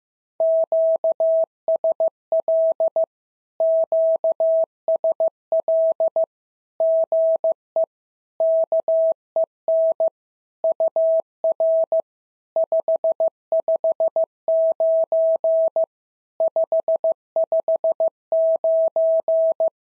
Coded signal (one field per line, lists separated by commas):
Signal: Morse code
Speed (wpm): 15 wpm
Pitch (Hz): 650 Hz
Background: none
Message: QSL QSL GE KEN UR 559 559